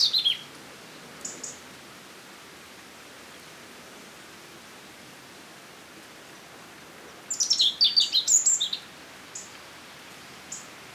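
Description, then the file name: European robin giving two thin high notes, then a rapid twittering burst of high, sharp notes lasting about a second and a half, with faint hiss throughout. "Erithacus rubecula"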